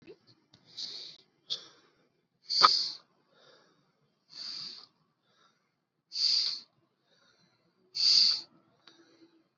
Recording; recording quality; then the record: deep breathing; excellent, no background noise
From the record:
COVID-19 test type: RT-PCR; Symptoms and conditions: cough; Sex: male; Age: 40 years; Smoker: yes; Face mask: worn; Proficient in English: yes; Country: India